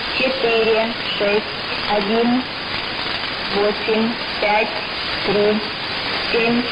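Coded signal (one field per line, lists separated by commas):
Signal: numbers station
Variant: S06s Russian Lady, Russian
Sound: female voice reading short, evenly spaced words over steady hiss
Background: radio static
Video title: 03 04 2018 S06s Russian Lady numbers station in Russian to Eu 1100 on 6190 unknown tx site in CUSB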